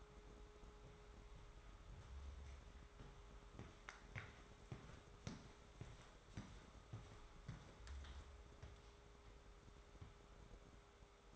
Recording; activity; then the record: daily activity, microphone in the room; walk to room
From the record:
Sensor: 3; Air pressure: 1010.4 hPa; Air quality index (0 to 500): 166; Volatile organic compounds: 9 ppm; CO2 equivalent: 2171 ppm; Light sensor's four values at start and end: 45/112/49/55 and 44/109/48/54